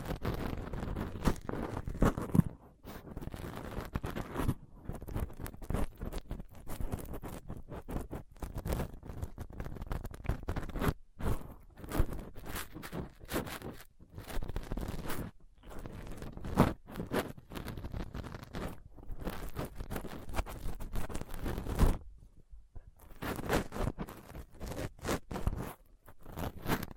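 Rough scraping and picking against a microphone with a dental pick, tweezers and a cotton swab. Dense, ragged scratching runs almost without pause, broken by brief silent gaps near 2, 11, 22 and 26 seconds. Texture shifts between gritty rasps and quicker crackling flurries.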